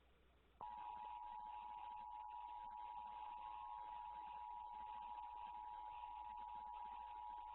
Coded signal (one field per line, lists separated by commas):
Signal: Emergency Alert System (SAME) tones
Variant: 853 and 960 Hz attention tone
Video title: EAS Scenario #1 - COVID-X